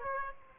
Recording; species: mosquito wingbeat signal from an infrared sensor; Aedes aegypti